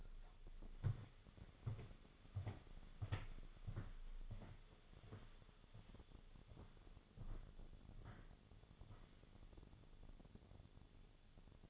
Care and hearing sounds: daily activity, microphone in the room; walk to room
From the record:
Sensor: 4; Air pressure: 1000.8 hPa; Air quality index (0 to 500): 117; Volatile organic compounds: 1 ppm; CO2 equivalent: 888 ppm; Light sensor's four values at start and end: 61/149/64/68 and 67/167/71/76

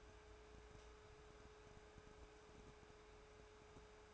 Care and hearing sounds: daily activity, microphone in the room; take from stove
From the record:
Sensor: 2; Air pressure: 1010.2 hPa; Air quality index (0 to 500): 161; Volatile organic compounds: 7 ppm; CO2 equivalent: 2019 ppm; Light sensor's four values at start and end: 41/98/44/50 and 41/99/44/50

